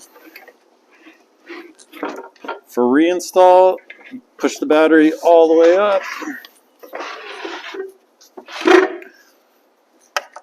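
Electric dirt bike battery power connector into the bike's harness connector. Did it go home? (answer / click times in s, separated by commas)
yes / 10.2 s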